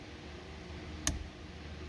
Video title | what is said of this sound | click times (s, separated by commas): Lincoln/Ford/Mercury turn signal replacement. We kinda made a mistake but fixed it. | see how it locks right in | 1.1 s